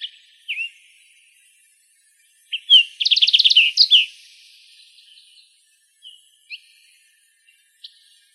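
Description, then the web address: Olive warbler calls: a few high chirps, then a quick burst of rapid repeated notes near three seconds, followed by scattered single chips. Recorded in Arizona. "Other Warblers AZFO OLWA. deviche"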